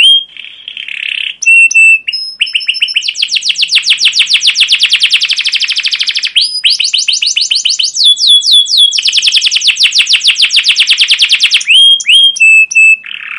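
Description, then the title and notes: Canary song: long rapid trills of sharp chirps, broken by short whistled notes and quick phrase changes, continuing loudly throughout. Canary song with "cuit cuit" chirps, used as a lure and tutor recording for training young canaries to sing long and energetically. "CUIT CUIT NGEROL LANGSUNG GACOR PANJANG Kenari Ini AMPUH Utk Pancingan KENAR. PANCINGAN Kenari GACOR PANJANG Cuit CUIT EMOSI ini AMPUH utk MASTERAN Kenari PAUD belajar BUNYI. burung kenari"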